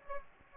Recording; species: mosquito wingbeat signal from an infrared sensor; Aedes aegypti